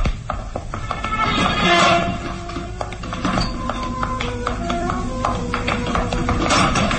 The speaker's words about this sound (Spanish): Entran en la habitación y el pequeño Solín cierra la puerta.